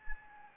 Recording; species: mosquito wingbeat signal from an infrared sensor; Anopheles gambiae